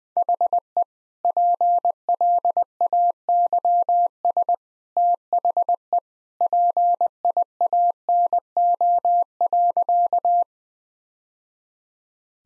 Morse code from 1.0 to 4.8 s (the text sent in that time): PLAYS